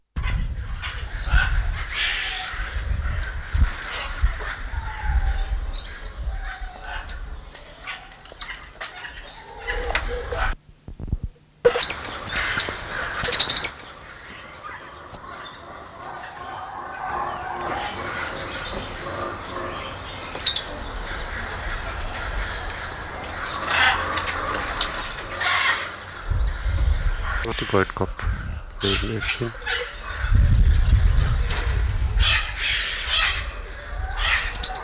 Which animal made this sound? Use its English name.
Golden-headed Lion Tamarin